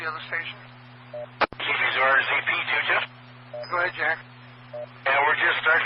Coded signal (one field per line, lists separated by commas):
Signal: none